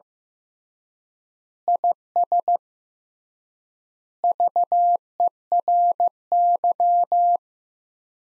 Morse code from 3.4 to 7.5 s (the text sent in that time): VERY